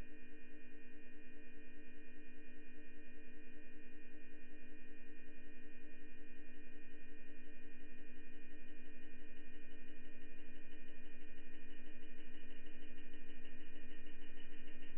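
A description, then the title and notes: A spacecraft on a shaker table gives off a steady mechanical drone of layered humming tones and rapid pulsing, growing slightly louder throughout. ESA ESTEC Test Centre Sounds: Bepi Colombo MCS on QUAD shaker (Sine 16G). The BepiColombo Mercury Composite Spacecraft (MCS) on the QUAD shaker in the Test Centre at ESA's European Space Research and Technology Centre (ESTEC) in Noordwijk, the Netherlands. The sample is completely unedited and in its original length.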